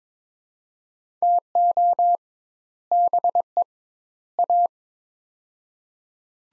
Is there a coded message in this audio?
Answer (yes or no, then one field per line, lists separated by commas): yes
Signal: Morse code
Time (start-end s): 1.2-4.7 s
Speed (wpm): 22 wpm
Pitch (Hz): 700 Hz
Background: none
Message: TO BE A